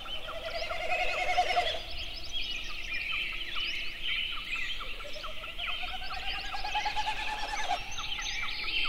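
Snipe sounds a wavering, throbbing hum that cuts off, then a second rising pulsed hum follows, with lively chirping birds throughout.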